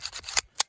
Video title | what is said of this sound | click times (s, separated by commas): Oracle 2311 - What is it? | Literally almost had a, and snaps into place. | 0.6 s